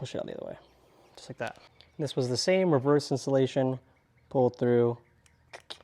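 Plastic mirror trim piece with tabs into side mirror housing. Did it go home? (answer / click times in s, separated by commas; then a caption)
yes / 5.7 s. A plastic mirror trim piece with tabs is pulled through and pushed home into the side mirror housing of a B9 Audi S5 while someone talks. After the talking, a few short clicks follow, the sharpest at 5.7 s, as the trim piece clicks into place and seats firmly without moving.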